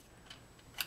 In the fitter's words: you have to pull out on that to get it to engage and it locks in place.